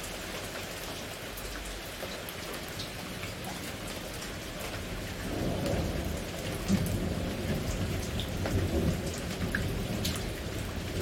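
Pouring rain falls in a dense, steady hiss, with drops pattering and ticking on surfaces. A deeper wash of water swells after about five seconds, peaking near seven, and the downpour stays heavier through the end.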